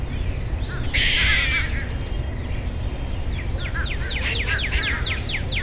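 Squirrel giving a short harsh buzz, a pause, then a rapid series of sharp falling chirps over constant low noise.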